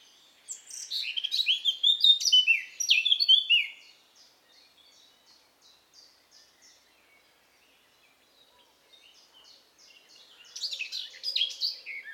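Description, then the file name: Eurasian blackcap song: one loud phrase of rapid warbling and fluted notes, a long spell of faint twittering, then a second loud phrase starting. "Sylvia atricapilla"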